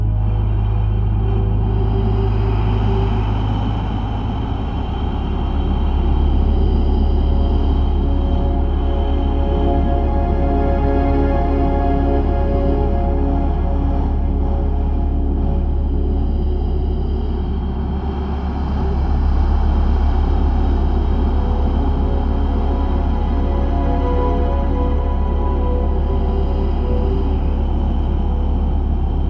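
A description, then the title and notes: Wind hisses steadily between walls over a heavy, unbroken low rumble. Faint whistling tones hang in the middle, and the gusts swell slightly around six seconds and again near twenty, with a brief easing just before. No other sounds break through. Eerie Hissing Wind Between the Walls.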